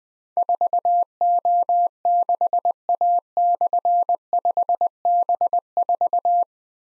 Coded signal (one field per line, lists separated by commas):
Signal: Morse code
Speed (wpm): 20 wpm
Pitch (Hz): 700 Hz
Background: none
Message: 4O6A/5B4